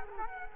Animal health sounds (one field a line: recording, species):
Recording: mosquito wingbeat signal from an infrared sensor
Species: Culex quinquefasciatus